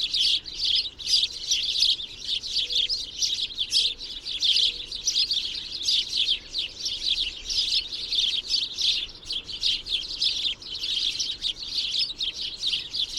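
Bird twitters steadily in fast, high, tinkling chirps that run on with little variation.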